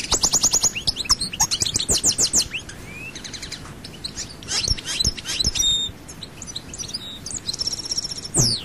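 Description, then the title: European goldfinch song opening with rapid sweeping notes, then scattered chirps, a short trill and a final sharp downslur. "Chant Chardonneret"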